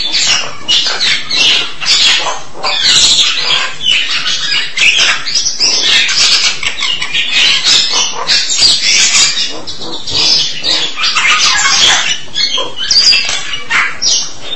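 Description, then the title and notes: Starling song: continuous, busy chattering with grating and squeaky notes running together, steady in loudness from start to finish. "suara burung jalak"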